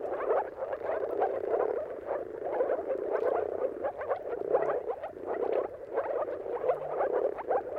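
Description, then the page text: Moor frog chorus, a steady mass of muffled, gurgling croaks from many frogs overlapping without pause. Mating calls of a moor frog chorus at sunrise, at the turn of March and April depending on the weather; recorded by Jakub Orzecki. "Dawn’s Chorus: Mating Calls of Marsh Frogs at Sunrise. Depending on the weather at the turn of March and April, you can witness an amazing spectacle of moor frogs. Jakub Orzecki. earth.fm"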